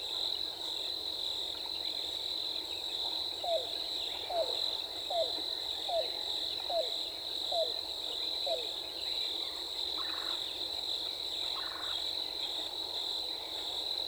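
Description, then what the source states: Yellow-billed cuckoo gives a run of seven low, throaty down-slurred notes, evenly spaced. Two brief higher sounds follow. A constant shrill insect drone runs throughout. On 14 April 2018.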